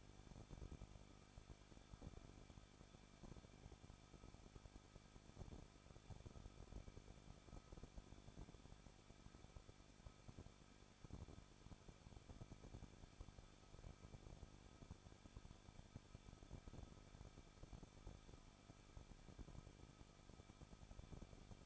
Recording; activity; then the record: daily activity, microphone in the room; no activity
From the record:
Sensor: 5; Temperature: 20.9 degrees Celsius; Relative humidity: 38.2%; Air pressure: 1006.5 hPa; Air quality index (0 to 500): 187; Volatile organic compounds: 18 ppm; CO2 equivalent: 2626 ppm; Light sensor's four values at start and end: 2/3/1/1 and 2/3/1/1